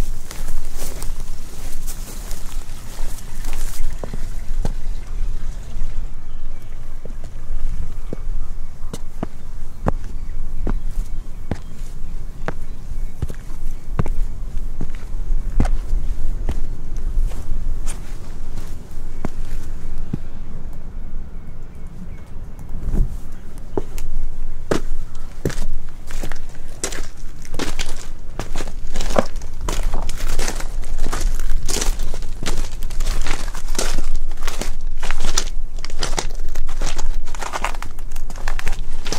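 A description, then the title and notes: Footsteps walking through a Viking village over mixed ground like mud, gravel, grass and wood. Steady crunching, crinkling steps run throughout, sparser and softer near the middle, then sharper and more regular in the final fifteen seconds, over a low, constant rumble. ASMR Relaxing Binaural Sounds of WALKING in a Viking Village in Iceland with a very large diversity of footsteps sounds in nature: mud, wood, water, peat, grass, straw, gravel...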